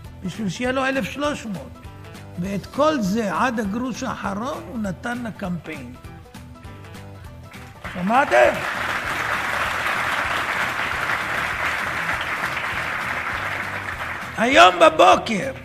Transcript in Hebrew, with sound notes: בשביל שיהיה לו 1,300!! ואת כל זה עד הגרוש האחרון - הוא נתן לקמפיין!!! [מחיאות כפים] שמעתם? היום בבוקר,